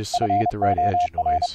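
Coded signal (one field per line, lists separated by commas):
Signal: Morse code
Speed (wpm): 29 wpm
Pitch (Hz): 710 Hz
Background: speech, radio noise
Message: FOR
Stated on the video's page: Morse audio tones sent over the internet via Mumble, processed through JACK with bandpass filtering and a spike limiter, with sidetone monitoring.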